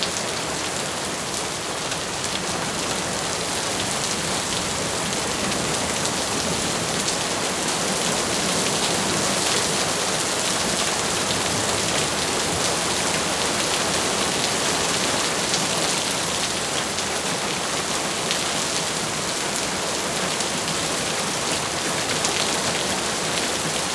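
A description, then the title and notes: Steady jungle rain falls in a dense, even hiss that fills the whole recording without pause. Countless drops patter on leaves and surfaces, bright and crisp on top with a soft low rumble beneath, and the level never rises or falls. Jungle Rain.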